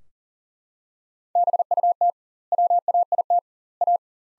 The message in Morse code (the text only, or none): BUT WAIT A